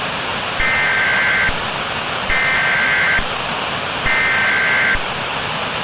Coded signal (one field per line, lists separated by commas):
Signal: Emergency Alert System (SAME) tones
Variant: header bursts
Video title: EAS MOCK Hurricane Dexter whole MOCK